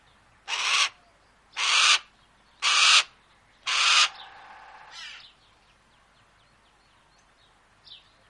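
Harris's hawk giving four loud harsh rasping screams roughly one second apart, then a weaker trailing call and brief faint sounds afterward.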